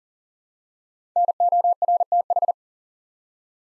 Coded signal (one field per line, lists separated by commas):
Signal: Morse code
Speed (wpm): 42 wpm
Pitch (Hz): 700 Hz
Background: none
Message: NORTH